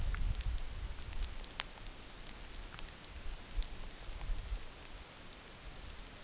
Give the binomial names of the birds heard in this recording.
none